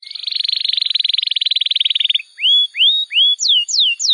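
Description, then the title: Bar-winged prinia song opens with a fast even trill of about two seconds, followed by separate rising and falling whistled slurs. "Ciblek Sawah"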